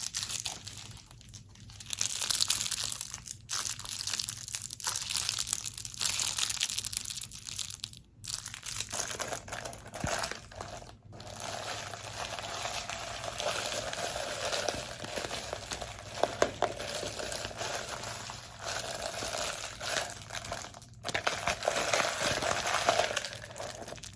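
Squishy, crinkly handling sounds run almost nonstop, a dense, bright rustle with quick crackles. Brief drop-outs break it around 1, 8, 11 and 21 seconds, and a faint low hum sits underneath the whole time.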